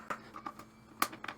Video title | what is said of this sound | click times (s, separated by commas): How To Install Mod 1Up's Pac-Man Waterfall Control Deck! | so you just kind of like push it in there and they snap right in boom | 1.0 s